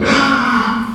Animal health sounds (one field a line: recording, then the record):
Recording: squeal of a Yucatan mini pig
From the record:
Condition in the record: after surgery on the right vocal fold (resection and tissue-engineered implant)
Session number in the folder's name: 16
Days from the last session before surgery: 183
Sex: female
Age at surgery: 19 weeks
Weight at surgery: 25 kg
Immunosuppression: prednisolone